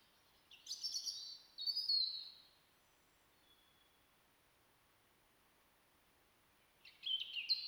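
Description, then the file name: European robin song: a short burst of high, thin twittering notes with a sliding whistle, a long pause with a faint high note, then another high warbled phrase begins. "Erithacus rubecula"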